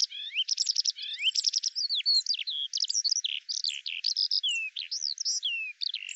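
Eurasian skylark song, hurried high chirps, rattling trills and sliding whistles tumbling together in a nonstop jumble.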